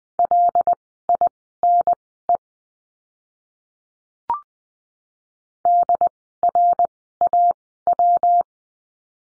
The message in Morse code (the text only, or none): LINE DRAW